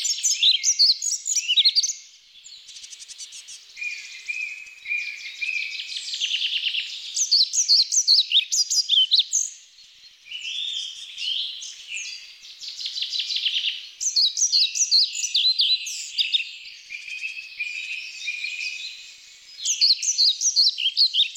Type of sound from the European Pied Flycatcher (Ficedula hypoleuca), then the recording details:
song. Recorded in the wild. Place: Waltershofen / Freiburg im Breisgau, Baden-Württemberg, DE. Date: 1996-05-01. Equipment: Dat-Recorder Casio DA 7, Telinga DAT, Telinga-Parabolspiegel. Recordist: Schwarz, Dieter